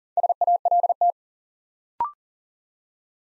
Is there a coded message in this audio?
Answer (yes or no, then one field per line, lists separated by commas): yes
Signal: Morse code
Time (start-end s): 0.2-1.1 s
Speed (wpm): 38 wpm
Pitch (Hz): 700 Hz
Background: none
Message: SALT